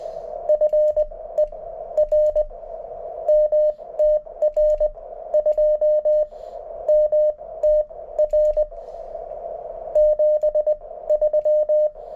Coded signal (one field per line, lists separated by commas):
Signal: Morse code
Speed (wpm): 20 wpm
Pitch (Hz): 610 Hz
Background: radio noise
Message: FER MTR2MTR 73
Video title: QSOs with VE7RIE and WU7H on the MTR3b